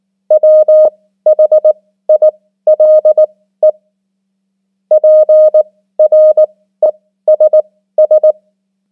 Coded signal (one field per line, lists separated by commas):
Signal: Morse code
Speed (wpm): 19 wpm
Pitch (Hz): 620 Hz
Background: none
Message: WHILE PRESS